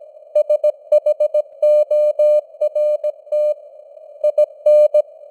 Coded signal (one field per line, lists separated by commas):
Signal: Morse code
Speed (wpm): 17 wpm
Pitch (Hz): 600 Hz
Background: none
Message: SHORT IN